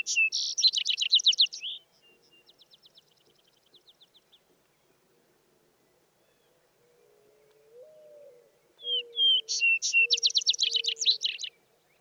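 Vesper sparrow singing twice: a rapid buzzy trill opens, fainter repeated notes follow, then a full second song with whistled lead-in and trill; soft low tones between.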